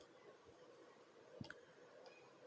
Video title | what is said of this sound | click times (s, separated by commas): 2021 성남은행초등학교 복지상담실 여름방학 체험활동 | 구멍 두개에 딱 들어 갈수록 있도록 찰칵 찰칵 | 1.4 s, 1.5 s